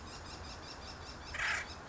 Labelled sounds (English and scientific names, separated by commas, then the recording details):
Acorn Woodpecker (Melanerpes formicivorus)
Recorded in Sonoma County, California